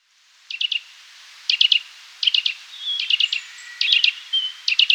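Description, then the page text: Eurasian nuthatch uttering rapid bursts of three or four hard, high chipping notes, about one burst per second, with a few soft thin whistles between. "Eurasian Nuthatch Calls. Quick Sounds"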